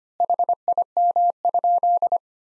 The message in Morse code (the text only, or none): HIM?